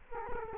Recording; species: mosquito wingbeat signal from an infrared sensor; Culex quinquefasciatus